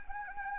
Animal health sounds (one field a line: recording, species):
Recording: mosquito wingbeat signal from an infrared sensor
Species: Anopheles arabiensis